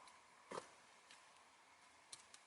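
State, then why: Not seated. A wiring connector, the electric or ABS cable and likely plastic, is handled near its socket while the front seat belt buckle is being refitted on a 2002–2014 Toyota Corolla. A soft rustling bump comes near 0.5 s, followed by faint light ticks around 1.1, 2.1 and 2.3 s over a quiet background. Nothing has seated or clicked yet.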